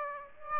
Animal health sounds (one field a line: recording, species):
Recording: mosquito wingbeat signal from an infrared sensor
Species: Aedes aegypti